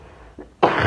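An adult woman with a cough and a cold coughs once into the crook of her elbow.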